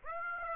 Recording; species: mosquito wingbeat signal from an infrared sensor; Aedes aegypti